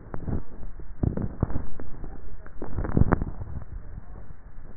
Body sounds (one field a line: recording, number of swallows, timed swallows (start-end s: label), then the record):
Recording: swallowing sounds by neck microphone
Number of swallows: 2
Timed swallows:
0.32-1.32 s: swallow
2.48-3.12 s: swallow
From the record:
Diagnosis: dysphagia